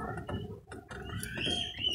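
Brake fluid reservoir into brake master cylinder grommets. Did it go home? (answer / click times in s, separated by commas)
no / none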